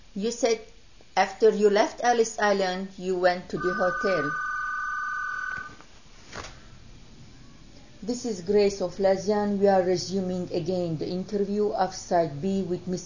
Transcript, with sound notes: You said after you left Ellis Island you went to the hotel. ( a telephone rings ) ( break in tape ) This is Grace Oflazian. We are resuming again the interview on Side B with Mrs.